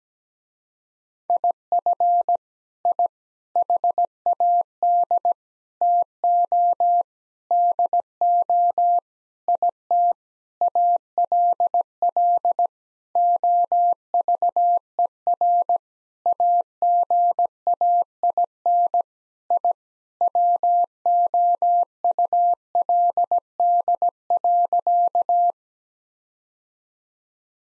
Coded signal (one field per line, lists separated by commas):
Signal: Morse code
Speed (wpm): 17 wpm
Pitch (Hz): 700 Hz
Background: none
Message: IF I HAD TO DO IT ALL OVER AGAIN I WOULD.